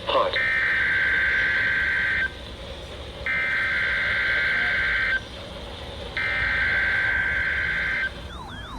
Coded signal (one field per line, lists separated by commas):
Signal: Emergency Alert System (SAME) tones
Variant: header bursts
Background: speech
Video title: Required Weekly Test on WXL40 & WXL39. EAS #746-747